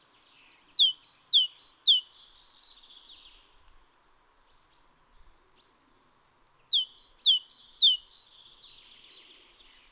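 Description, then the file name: Great tit delivering two strophes of about ten see-sawing whistled notes each, a flat tone paired with a downslurred one, with a pause of around four seconds between. "Parus major"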